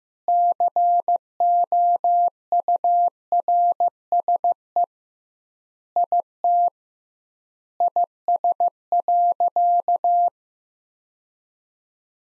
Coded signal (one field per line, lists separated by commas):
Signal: Morse code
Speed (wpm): 15 wpm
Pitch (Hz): 700 Hz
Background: none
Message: COURSE IT IS.